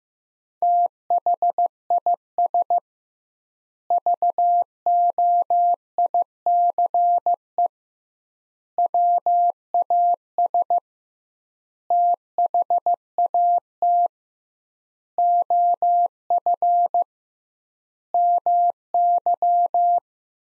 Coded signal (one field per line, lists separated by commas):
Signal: Morse code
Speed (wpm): 16 wpm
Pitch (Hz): 700 Hz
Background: none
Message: THIS VOICE WAS THAT OF MY